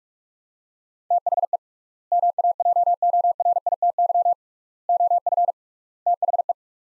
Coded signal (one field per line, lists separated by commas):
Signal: Morse code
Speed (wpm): 47 wpm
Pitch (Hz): 700 Hz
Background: none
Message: THE MAJORITY OF THE